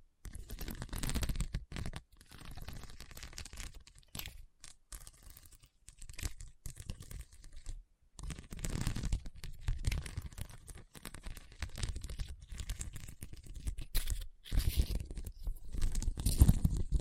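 Scratching over a hard, bumpy surface, rough and scraping with a ragged, tearing quality. Strokes come in irregular bursts broken by short silences, the louder passages near the start, around nine seconds and toward the end, with dull low thuds under the rasp.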